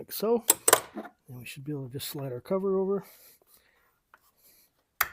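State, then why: Seated. A plastic terminal cover is slid over a car battery terminal post after the terminal clamp is tightened, then pressed until it snaps in place. Someone talks, followed by quiet handling with a faint tick at 4.1 s. A sharp, loud click at 5.0 s marks the cover seating.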